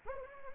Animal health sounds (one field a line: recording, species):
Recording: mosquito wingbeat signal from an infrared sensor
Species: Anopheles gambiae